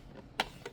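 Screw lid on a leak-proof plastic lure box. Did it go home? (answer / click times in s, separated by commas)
yes / 0.4 s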